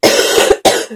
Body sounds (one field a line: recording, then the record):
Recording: coughing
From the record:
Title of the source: 60 coughing still (deep and wet cough)